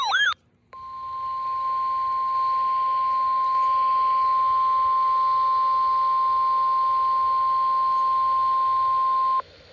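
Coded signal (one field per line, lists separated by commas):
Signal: Emergency Alert System (SAME) tones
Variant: 1050 Hz attention tone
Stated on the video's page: Required Weekly Test on weather radio station WWG49.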